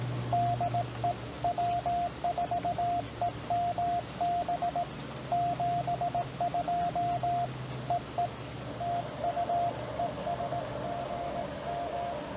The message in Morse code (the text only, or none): DE W4EMB 72 EE TU ES GM